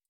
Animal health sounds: hydrophone in a shrimp aquaculture tank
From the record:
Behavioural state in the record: feeding

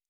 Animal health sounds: hydrophone in a shrimp aquaculture tank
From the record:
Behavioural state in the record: normal

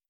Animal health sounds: hydrophone in a shrimp aquaculture tank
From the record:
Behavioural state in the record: stressed

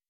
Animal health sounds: hydrophone in a shrimp aquaculture tank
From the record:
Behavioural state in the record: weakened

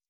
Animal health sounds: hydrophone in a shrimp aquaculture tank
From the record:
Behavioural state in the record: stressed

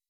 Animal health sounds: hydrophone in a shrimp aquaculture tank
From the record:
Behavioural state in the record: weakened

